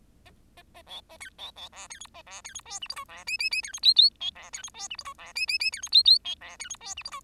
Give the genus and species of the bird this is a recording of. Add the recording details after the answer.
Lonchura striata domestica. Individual Bird10